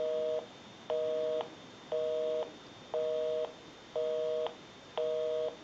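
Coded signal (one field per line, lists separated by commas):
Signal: telephone call progress tone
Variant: North America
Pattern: busy tone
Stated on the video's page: Tone on a Popeye telephone during initial checkout and repair conversion.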